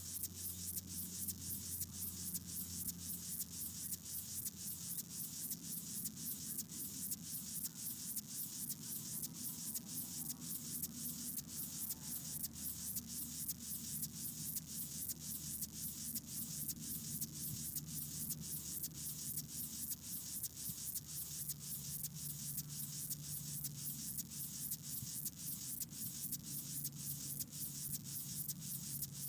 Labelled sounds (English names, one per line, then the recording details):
Upland Field Grasshopper stridulation
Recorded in the wild
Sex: male
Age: imago
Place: Hobrechtsfelder Rieselfelder, Barnim, Brandenburg, DE
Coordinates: 52.6692, 13.48
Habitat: meadow
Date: 2012-09-02 17:40
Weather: 20°C, cloudy, almost windless
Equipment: Sound Devices 702, Sennheiser MKH 415 T, Rhode Windschutz
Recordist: Frommolt, Karl-Heinz